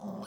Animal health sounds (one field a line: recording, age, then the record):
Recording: pig call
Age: piglet (1 to 25 days)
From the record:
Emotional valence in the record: negative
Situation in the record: long isolation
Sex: male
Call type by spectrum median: low-frequency call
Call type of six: mixed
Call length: 0.27 s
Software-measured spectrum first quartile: 203 Hz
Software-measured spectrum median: 391 Hz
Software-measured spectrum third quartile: 924 Hz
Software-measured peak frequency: 204 Hz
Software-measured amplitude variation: 123 dB a second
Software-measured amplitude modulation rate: 23.9 a second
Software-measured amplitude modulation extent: 5.2 dB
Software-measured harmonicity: 4.2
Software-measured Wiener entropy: -0.41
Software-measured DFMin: 645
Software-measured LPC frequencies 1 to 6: 3166, 4302, 5260, 6122, 7915, 9309 Hz